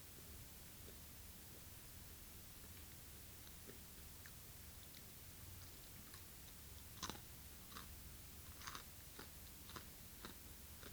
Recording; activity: daily activity, guitar pickup as the sensor; eat